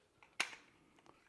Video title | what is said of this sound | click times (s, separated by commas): Dirt Devil Simpli-Stik Unboxing & Quick Setup! | You can see here, it snaps in place. | 0.4 s